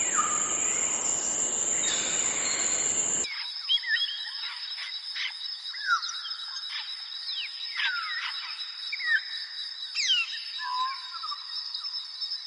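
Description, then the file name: Grey parrot chattering series of quick whistled and clicking notes, many sharp upward and downward slides, after a brief hissy opening. "canto do papagaio cinzento"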